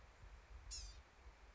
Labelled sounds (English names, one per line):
Blue-gray Gnatcatcher